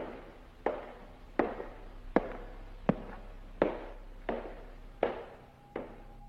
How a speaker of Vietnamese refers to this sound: Bên trong ấy chuyển ra âm thanh, như là có người đang đi guốc gỗ, nện xuống cái nền nhà. Âm thanh cứ vang lên cồm cộp, cồm cộp.